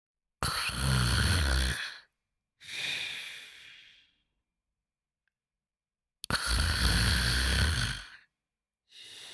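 Loud, rough, low-pitched inhalations alternate with softer, fading exhalations, with pauses between cycles, about two breath cycles in nine seconds. This is male snoring, vibration of the upper airway during sleep.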